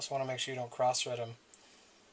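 Someone talks for most of the clip while a small screw is being started into the grip frame/manifold thread of a DLX Luxe paintball marker, taking care not to cross-thread it. The talking stops at about 1.4 s, leaving quiet room tone. Nothing has seated or clicked yet.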